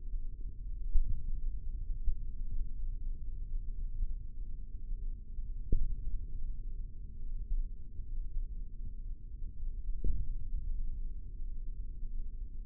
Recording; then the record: forearm muscle sounds (acoustic myography)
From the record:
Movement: index flexion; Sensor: system 3, bracelet of six PUI Audio POM-2738L microphones around the upper forearm, with dedicated amplification and filtering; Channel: 3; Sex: male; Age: 55 years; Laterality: right